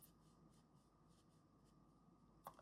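A small metal jump ring is wiggled closed with pliers while held close to the microphone, with a faint, steady scratchy rubbing underneath. Two short, sharp metallic clicks come at 2.5 s and 2.6 s as the two wire ends meet. The jump ring is closed.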